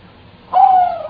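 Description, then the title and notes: Bird call: a single mellow, slightly falling note lasting about half a second, over a quiet low hiss. "Kicau Burung Lengkap"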